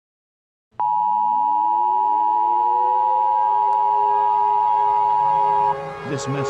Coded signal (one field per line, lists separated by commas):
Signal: Emergency Alert System (SAME) tones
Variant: 853 and 960 Hz attention tone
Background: speech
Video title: EAS Scenario- The Sun Entity